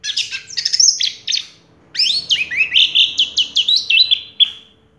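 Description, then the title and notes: Orange-headed thrush singing a busy varied phrase, then a pause and a rapid string of rising and falling whistled notes ending in a short slur. Anis merah song in the 'teler' style, with a clear voice. "Anis Merah Teler Suara Jernih. suara anis merah"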